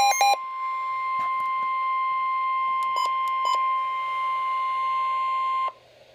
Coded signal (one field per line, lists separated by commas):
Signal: Emergency Alert System (SAME) tones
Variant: 1050 Hz attention tone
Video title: Flash Flood Warning - EAS #422